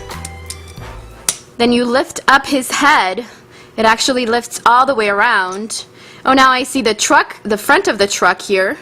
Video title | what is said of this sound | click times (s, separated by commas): Transformers in Disguise Surprises, Blizzard Strike Optimus Prime, Sideswipe, Ultra Magnus Toys | you can actually snap it back into place | 1.3 s